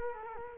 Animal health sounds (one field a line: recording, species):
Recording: mosquito wingbeat signal from an infrared sensor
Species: Culex quinquefasciatus